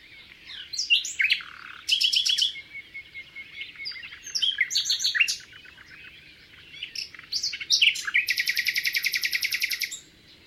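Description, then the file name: Common nightingale song: varied phrases with rapid repeated buzzy trills, a long drawn whistle, and a final fast rattling series of many identical notes. "rouxinol comum"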